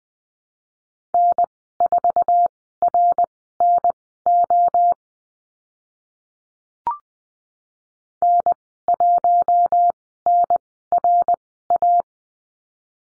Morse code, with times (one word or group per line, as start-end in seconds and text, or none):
1.1-4.9 N4RNO
8.2-12.0 N1NRA